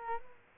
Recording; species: mosquito wingbeat signal from an infrared sensor; Culex quinquefasciatus